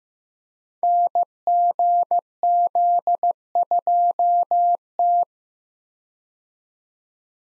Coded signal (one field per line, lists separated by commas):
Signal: Morse code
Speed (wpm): 15 wpm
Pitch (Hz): 700 Hz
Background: none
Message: NGZ2T